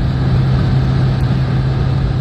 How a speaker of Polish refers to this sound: to szum kół na asfalcie A4 w drodze na Zakopane.